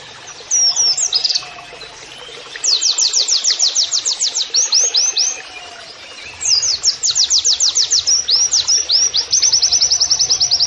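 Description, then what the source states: White-eye singing fast, high, rhythmic trills of repeated down-slurred notes in long strings, broken by short twittering phrases. Training audio of a vigorously singing white-eye with canary-like song phrases.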